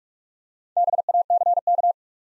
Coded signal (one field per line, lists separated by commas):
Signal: Morse code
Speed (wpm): 44 wpm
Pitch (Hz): 700 Hz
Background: none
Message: BACK